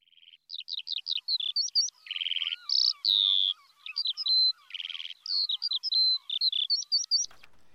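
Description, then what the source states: Eurasian skylark song, a rapid run of high twittering, trilled and whistled phrases, varied and almost continuous, ending with a soft click. Sweden; sings very high in the sky, almost impossible to spot; migratory; associated with spring; much loved by Swedes.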